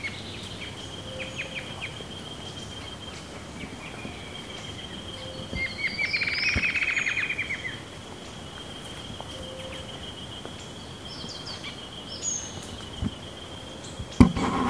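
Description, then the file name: Bird call: a quick series of high notes around the middle, over steady faint hiss and a constant high tone. "SABIOD 50 bird 2015"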